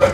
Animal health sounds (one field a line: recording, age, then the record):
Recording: pig call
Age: growing-finishing pig (85 days or more)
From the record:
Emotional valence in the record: positive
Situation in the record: run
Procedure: transit